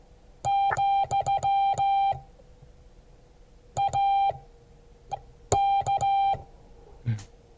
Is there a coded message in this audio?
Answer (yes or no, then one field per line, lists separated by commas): yes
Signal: Morse code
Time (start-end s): 0.5-6.3 s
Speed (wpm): 16 wpm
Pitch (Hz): 790 Hz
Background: music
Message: , AK